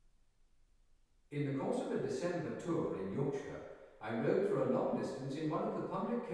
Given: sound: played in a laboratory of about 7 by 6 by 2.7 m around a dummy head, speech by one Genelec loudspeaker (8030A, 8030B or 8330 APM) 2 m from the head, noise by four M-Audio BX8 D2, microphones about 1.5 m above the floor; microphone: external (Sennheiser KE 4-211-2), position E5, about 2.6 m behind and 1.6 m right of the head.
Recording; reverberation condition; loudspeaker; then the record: male speech in English; high; 60 degrees to the left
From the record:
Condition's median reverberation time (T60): about 1300 ms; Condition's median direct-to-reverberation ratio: about -4.0 dB